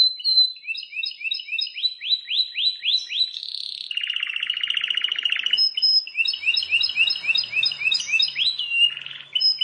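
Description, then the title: Plain prinia song: quick runs of rising slurred notes, a long harsh buzzy rattle in the middle, then more rapid repeated notes and high chips. "Ciblek Sawah"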